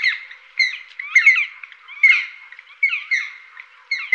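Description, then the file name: Black woodpecker giving rough, squawking calls in several irregular bursts. "Spillkraka"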